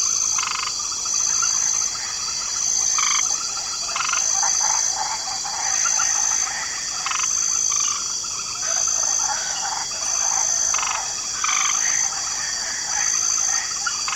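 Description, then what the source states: Frogs in chorus, a dense layered croaking with pulsed rattling calls rising and falling in waves, over a steady high insect-like hiss. Light chorus of frogs croaking in a swamp.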